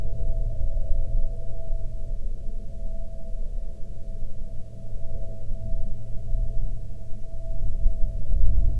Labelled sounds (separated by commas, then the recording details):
aircraft
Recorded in the Prudhoe Bay oil fields, Alaska, on 7 August 2019 at 13:18
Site 13